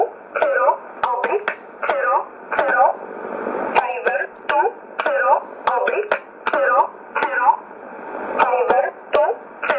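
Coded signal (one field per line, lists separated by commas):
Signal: numbers station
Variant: E11 Oblique, English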